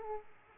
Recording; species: mosquito wingbeat signal from an infrared sensor; Aedes aegypti